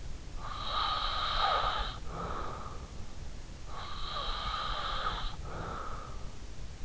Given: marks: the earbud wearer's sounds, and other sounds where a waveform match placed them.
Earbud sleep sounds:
sounds in sleep by an in-ear microphone; breath
0.20-3.28 s: breath
3.63-6.83 s: breath

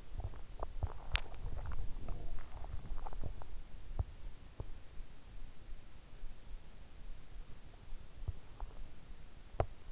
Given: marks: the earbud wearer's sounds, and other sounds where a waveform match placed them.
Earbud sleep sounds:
sounds in sleep by an in-ear microphone; swallowing
0.00-4.71 s: swallowing

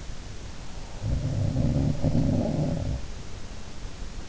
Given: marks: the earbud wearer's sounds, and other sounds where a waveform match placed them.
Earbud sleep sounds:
sounds in sleep by an in-ear microphone; breath
0.38-1.53 s: breath
0.82-3.23 s: sound from someone else or the room

